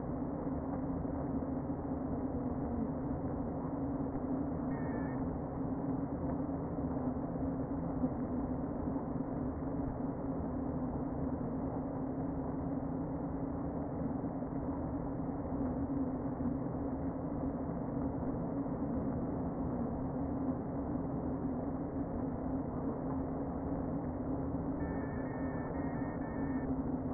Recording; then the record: honeybee colony, microphone inside the hive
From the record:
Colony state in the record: queen present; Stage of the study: before two queens were removed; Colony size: about 60,000 bees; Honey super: yes